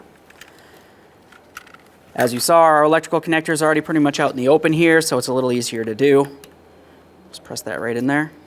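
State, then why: Not seated. Someone talks while handling the plastic wiring harness electrical connector for the third brake light housing on a 2015-2020 Ford F-150, with a few faint clicks and taps in the background. The connector is being pressed onto the brake light assembly, but it has not seated or clicked in yet.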